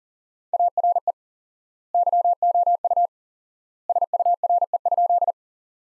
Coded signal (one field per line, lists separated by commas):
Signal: Morse code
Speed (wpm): 40 wpm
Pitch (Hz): 700 Hz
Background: none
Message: ARE YOU SURE?